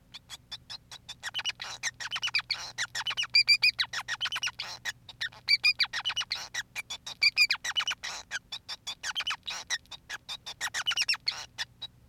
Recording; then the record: song of a male Bengalese finch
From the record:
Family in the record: son of father 5